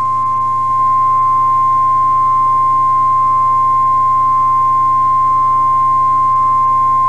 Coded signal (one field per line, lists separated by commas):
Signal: Emergency Alert System (SAME) tones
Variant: 1050 Hz attention tone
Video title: EAS PDS Tornado Watch